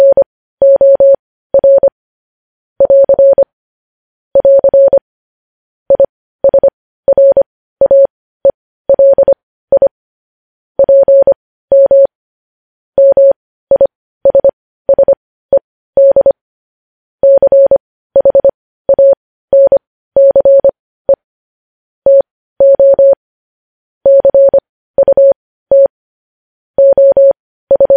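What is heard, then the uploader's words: Morse code beeps in a single steady mid-pitched tone, short dots and longer dashes grouped with brief silent gaps, clean throughout. Morse code.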